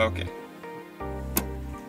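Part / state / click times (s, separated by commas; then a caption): rebuilt seat belt part into its mount in the car body / seated / 1.4 s. A rebuilt seat belt part is pushed into its mounting in the body of a GT86/FR-S car while someone talks over background music. It snaps home with one sharp click at 1.4 s, seated in place.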